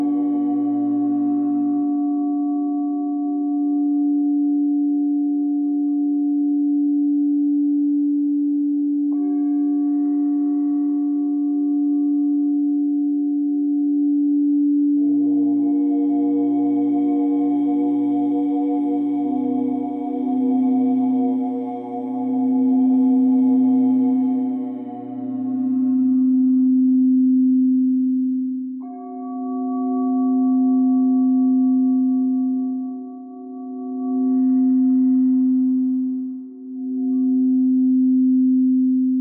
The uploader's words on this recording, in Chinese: 頌砵,冥想。